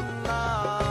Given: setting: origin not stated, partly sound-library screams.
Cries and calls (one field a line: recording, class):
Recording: one-second piece from a danger detection set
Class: normal situation